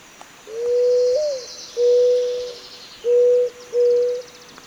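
Zenaida dove cooing: a long low coo with a brief upward lift, then three steady hollow coos, the last two short and close together. A faint high hiss runs behind.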